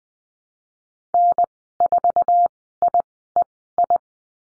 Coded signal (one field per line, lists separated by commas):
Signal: Morse code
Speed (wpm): 19 wpm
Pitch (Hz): 700 Hz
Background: none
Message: N4IEI